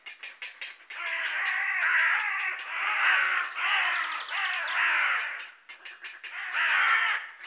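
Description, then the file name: Carrion Crow giving harsh, rasping caws in long bursts, with short clipped notes at the start and end. "Corvus corone"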